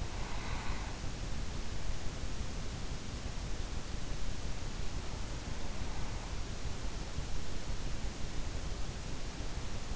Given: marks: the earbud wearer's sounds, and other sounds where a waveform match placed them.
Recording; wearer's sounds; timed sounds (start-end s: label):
sounds in sleep by an in-ear microphone; breath
0.00-1.43 s: breath